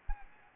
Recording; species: mosquito wingbeat signal from an infrared sensor; Anopheles gambiae